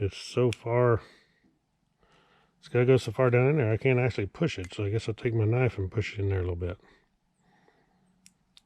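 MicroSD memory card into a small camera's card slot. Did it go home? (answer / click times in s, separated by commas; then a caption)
yes / 8.3 s. A microSD memory card is pushed with the tip of a knife deep into the recessed card slot of an EsiCam EC06_V2 small WiFi hidden sports camera. Someone talks for most of the clip, then after a quiet stretch the card clicks into place and latches at about 8.3 s, followed by a second faint click at about 8.6 s.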